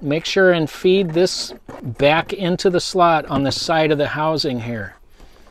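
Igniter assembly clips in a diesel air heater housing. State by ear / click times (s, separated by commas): not seated / none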